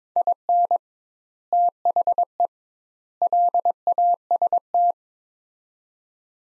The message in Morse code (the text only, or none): IN THE LAST